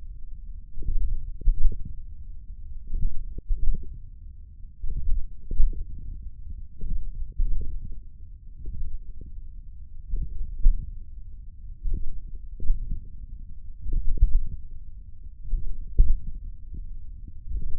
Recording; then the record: forearm muscle sounds (acoustic myography)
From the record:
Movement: hand closing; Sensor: system 1, eight BSWA MPA416 microphones around the upper forearm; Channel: 5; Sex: male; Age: 28 years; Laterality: right